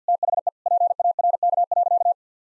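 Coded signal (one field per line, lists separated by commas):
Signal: Morse code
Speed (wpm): 50 wpm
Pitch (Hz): 700 Hz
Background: none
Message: THE PARK.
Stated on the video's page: Morse code sentences of common four-word phrases at 50 wpm, sent, then spoken, then sent again; first words spoken beforehand as a guide; head-copy practice.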